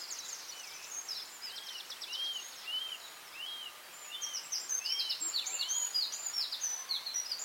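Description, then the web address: Birds in chorus, one repeating a clear arched note several times while many others twitter and trill high above, growing busier toward the end. Dawn chorus at dawn in Anglesey, Wales. "beanstalk-audio Dawn chorus in Anglesey Wales"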